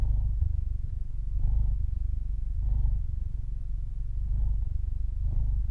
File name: freesound cat purr